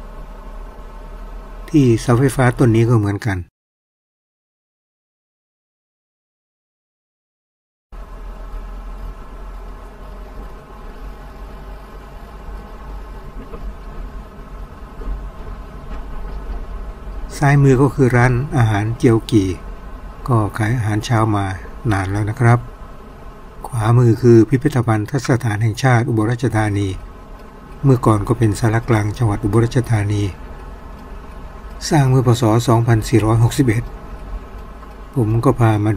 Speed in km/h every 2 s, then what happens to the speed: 16, 16, 16, 17, 18, 19, 21, 22, 25, 27, 27, 26, 25, 25, 27, 28, 29, 29.
0-9 steady at about 16. 9-18 speeds up to 27. 18-36 steady at about 27.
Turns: none.